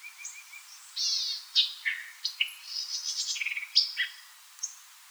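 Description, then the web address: White-eyed Vireo song phrase, scratchy and emphatic, with buzzy and slurred notes and a rapid chattering middle, preceded by a few soft faint chips. Recorded 4 January 2007. "White-eyed Vireo 2007 01 04"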